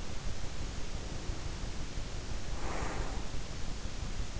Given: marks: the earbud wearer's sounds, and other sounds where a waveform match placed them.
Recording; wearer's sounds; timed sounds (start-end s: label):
sounds in sleep by an in-ear microphone; breath
0.80-3.23 s: breath